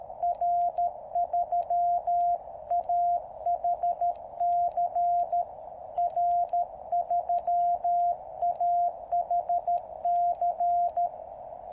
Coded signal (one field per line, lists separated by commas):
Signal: Morse code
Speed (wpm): 13 wpm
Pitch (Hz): 690 Hz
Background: radio noise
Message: R3AHC R3AHC